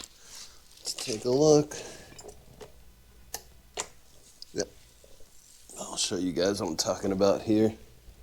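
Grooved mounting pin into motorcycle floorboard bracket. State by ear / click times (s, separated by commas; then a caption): not seated / none. A grooved mounting pin is being handled at a BMC floorboard bracket on a 2022 Harley-Davidson Street Bob 114 while someone talks. Short, sharp handling taps come through around 3.3, 3.8, 4.4 and 4.6 s between the speech. The pin has not snapped into place yet, so nothing has seated or clicked.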